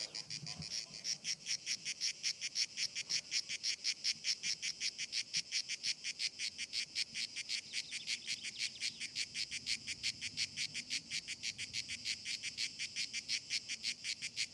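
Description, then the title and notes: Grey cicada song: a steady train of harsh, buzzy pulses repeated rapidly, with a faint low rumble early on. Described as the most abundant and best-known cicada, easily recognised by its particular rhythm; locally called Cacan in Provence. "Nouvelle cigale dans &quot;ECOUTEZ NATURE&quot"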